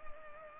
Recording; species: mosquito wingbeat signal from an infrared sensor; Culex pipiens